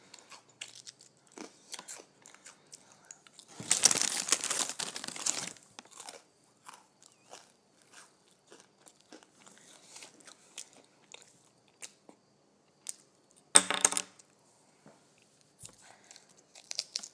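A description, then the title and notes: Someone crunches on potato chips, with short crisp bites and small crackles scattered throughout. A loud, dense burst of crunching runs from about 4 to 6 seconds, and another sharp bite lands near 14 seconds, with quieter chewing and rustles between. Crunching on Potato Chips.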